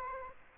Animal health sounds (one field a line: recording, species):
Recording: mosquito wingbeat signal from an infrared sensor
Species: Aedes aegypti